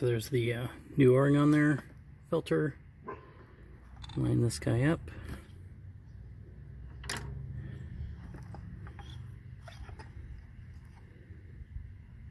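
During an oil change on a 2012 Jeep Wrangler JK 3.6, a new cartridge oil filter element with a new O-ring is handled at its plastic filter housing cap while someone talks. Only faint handling sounds are heard, with small taps near 3.1, 4.0, 7.1 and 9.0 seconds. The element has not snapped into the cap yet; nothing has seated or clicked.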